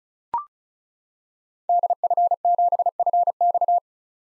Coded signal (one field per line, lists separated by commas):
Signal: Morse code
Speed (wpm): 36 wpm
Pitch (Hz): 700 Hz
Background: none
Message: DF7FX